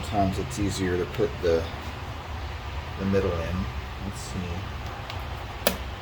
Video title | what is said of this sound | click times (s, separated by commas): How to create a laser cut board game insert, Inis Board game, Free DFX file, fusion360 and lightburn | Oh, perfect. Snapped right in. | 5.7 s